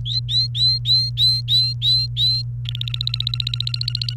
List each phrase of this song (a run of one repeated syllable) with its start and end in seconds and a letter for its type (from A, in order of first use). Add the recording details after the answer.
0.06-2.42 A, 2.65-4.14 B. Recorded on 29 April 2018 at 12:08. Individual llb3